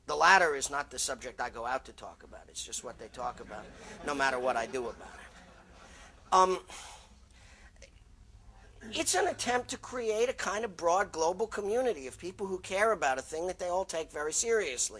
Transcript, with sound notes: The latter is not the subject I go out to talk about, it’s just what they talk about no matter what I do about it. [laughter] It’s an attempt to create a kind of broad global community of people who care about a thing that they all take very seriously.